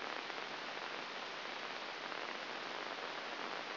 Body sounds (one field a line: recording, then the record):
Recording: brain microelectrode recording played as sound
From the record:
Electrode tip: inside the subthalamic nucleus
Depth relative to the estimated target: -1 mm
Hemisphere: right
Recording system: AlphaMap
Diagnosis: Parkinson's disease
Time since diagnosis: 11 years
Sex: female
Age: 60 years